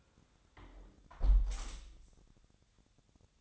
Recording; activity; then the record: daily activity, microphone in the room; close window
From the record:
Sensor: 3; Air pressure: 1000.5 hPa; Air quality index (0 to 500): 162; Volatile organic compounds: 3 ppm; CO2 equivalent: 1401 ppm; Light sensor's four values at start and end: 13/35/14/15 and 13/34/13/15